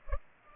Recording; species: mosquito wingbeat signal from an infrared sensor; Culex pipiens